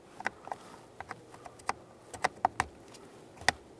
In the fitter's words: Make sure it clicks.